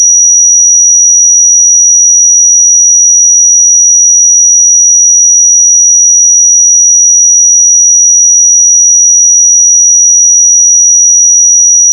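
A pure sine tone at 5807 Hz sounds as a single thin, high, piercing whistle. It holds perfectly steady in pitch and loudness for the whole twelve seconds, with no other sounds around it, until a brief click as it stops at the very end.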